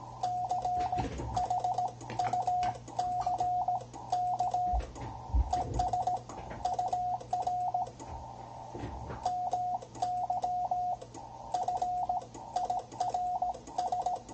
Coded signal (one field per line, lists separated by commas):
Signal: Morse code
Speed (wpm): 17 wpm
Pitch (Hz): 720 Hz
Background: none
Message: CHUCK ES UR MY FIRS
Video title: Ten-Tec Argonaut 515, CW QSO (CC)